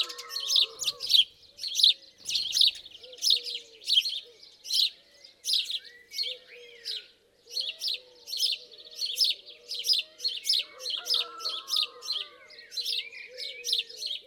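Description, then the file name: House sparrow giving loud repeated chirps in a steady series, with a few lower whistled notes in the background. "Passer domesticus"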